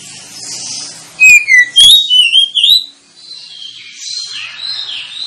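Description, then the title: Oriental magpie-robin song: a series of loud, bright whistles, some falling and some rising, followed by soft high twittering. Lure (pancingan) recording of a kacer meant to provoke other kacer birds into singing and fighting; described as persistent 'full tembakan' singing, making birds 'ngeplong gacor'. "Kacer Langsung Tarung Konslet KACER NGOTOT FULL TEMBAKAN. Kacer dimana SAJA Bakalan NGEPLONG GACOR dengan Pancingan Kacer ini"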